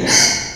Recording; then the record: squeal of a Yucatan mini pig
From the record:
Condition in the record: before surgery on the right vocal fold (resection and tissue-engineered implant); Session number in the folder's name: 2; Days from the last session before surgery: 0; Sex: male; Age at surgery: 12 weeks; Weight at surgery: 13 kg